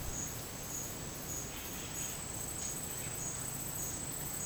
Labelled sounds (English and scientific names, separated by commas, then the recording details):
Yellow-rumped Cacique (Cacicus cela)
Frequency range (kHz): Yellow-rumped Cacique (Cacicus cela) 0.7-4.3 kHz
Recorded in secondary vegetation near Puerto Asís, Putumayo, Colombia, on 27 June 2025 at 12:00
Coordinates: 0.484, -76.319
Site G074